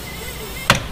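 A separator tool locked onto the upper control arm ball joint of a Dodge Charger/Challenger is tightened until the tapered stud breaks free of the steel steering knuckle. A sharp, loud pop is heard at 0.7 s over a low background hum. The upper control arm ball joint is released and the upper arms are free to come out.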